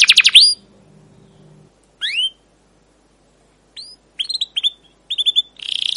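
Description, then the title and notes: Canary song in short bursts: a few rising whistled notes, then scattered chirps and brief trills separated by silent gaps, with a faint low hum early on. Long, rolling, emotive 'cuit cuit' chirping song, used as a lure and tutor for young canaries learning song. "CUIT CUIT NGEROL LANGSUNG GACOR PANJANG Kenari Ini Utk Pancingan KENAR. PANCINGAN Kenari GACOR PANJANG Cuit CUIT EMOSI ini utk MASTERAN Kenari PAUD belajar BUNYI. burung kenari"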